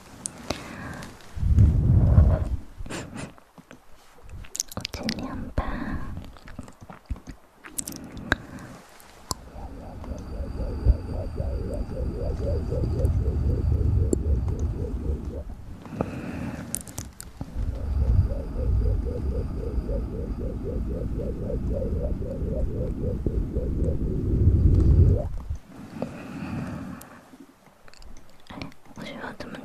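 Ear massage sounds with mouth noises. Soft rubbing and scratching swell into two long, dense stretches of rhythmic, low rumbling friction, roughly ten to sixteen and eighteen to twenty-five seconds, separated and framed by sharp clicks, taps and brief quiet pauses.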